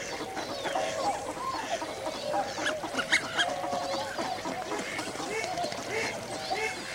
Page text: BBC. Winter Migrant Wildfowl, including Berwick Swans, Canada Geese, Tufted Duck, Pochard & Pintail